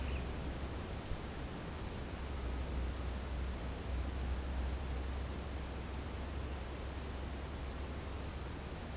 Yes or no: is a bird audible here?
no